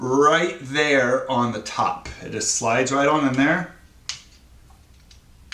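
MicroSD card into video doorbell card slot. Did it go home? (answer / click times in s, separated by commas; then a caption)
no / none. A microSD card is slid into the card slot on top of a Victure VD300 video doorbell while someone talks, followed by a few faint, short ticks of handling. The card has not yet clicked into its spring latch; nothing has seated yet.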